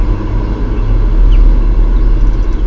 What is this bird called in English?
Common Chaffinch